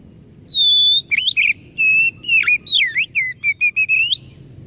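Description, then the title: Oriental magpie-robin song opening with a long, steady high whistle, followed by a rapid run of short, looping whistled notes that rise and fall. Masteran (training recording) meant to provoke kacer into gacor (full, active singing); described as successful, the bird going on to become a contest champion. "Masteran Kacer Yang Sukses Memancing Kacer Gacor Sampai Jadi Juara"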